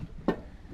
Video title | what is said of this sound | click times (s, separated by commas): #079 HOW WE MET! | Until you heard the clicking. | 0.3 s